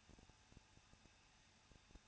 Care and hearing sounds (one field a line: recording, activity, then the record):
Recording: daily activity, microphone in the room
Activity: no activity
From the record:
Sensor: 2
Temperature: 21.0 degrees Celsius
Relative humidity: 37.3%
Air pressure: 1006.2 hPa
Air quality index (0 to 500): 221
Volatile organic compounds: 24 ppm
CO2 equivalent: 2798 ppm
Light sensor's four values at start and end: 2/3/2/2 and 2/3/2/2